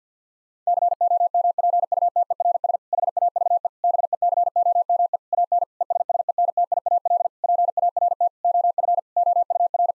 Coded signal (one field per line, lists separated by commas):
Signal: Morse code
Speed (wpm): 50 wpm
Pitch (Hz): 700 Hz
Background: none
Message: COMPUTERS HAVE BECOME AN ESSENTIAL PART OF OUR